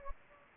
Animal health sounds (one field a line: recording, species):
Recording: mosquito wingbeat signal from an infrared sensor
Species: Anopheles gambiae